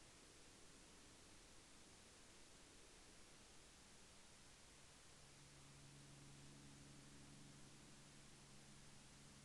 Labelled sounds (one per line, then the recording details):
aircraft
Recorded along the Dempster Highway, Canada, on 3 April 2020 at 21:44
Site 16